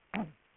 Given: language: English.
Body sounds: throat vibration sensor signal played as sound; throat clearing

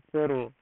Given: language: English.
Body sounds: throat vibration sensor signal played as sound; speech

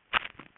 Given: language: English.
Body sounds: throat vibration sensor signal played as sound; swallow

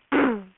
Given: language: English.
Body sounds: throat vibration sensor signal played as sound; throat clearing

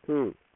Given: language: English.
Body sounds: throat vibration sensor signal played as sound; speech

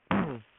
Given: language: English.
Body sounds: throat vibration sensor signal played as sound; throat clearing

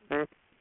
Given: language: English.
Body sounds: throat vibration sensor signal played as sound; speech

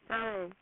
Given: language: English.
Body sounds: throat vibration sensor signal played as sound; speech

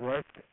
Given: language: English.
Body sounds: throat vibration sensor signal played as sound; speech

